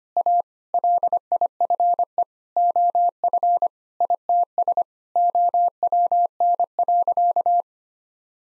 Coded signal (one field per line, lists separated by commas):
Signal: Morse code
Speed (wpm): 25 wpm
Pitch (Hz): 700 Hz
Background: none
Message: A LIFE OF ITS OWN.